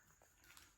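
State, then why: Not seated. A handle section of a Tornado Mop 360 spin mop is being fitted into the mop pole joint during assembly; it has to lock in place or it will come apart. Low handling noise runs through the clip, with a brief small hit at 0.6 s. Nothing has seated or clicked yet.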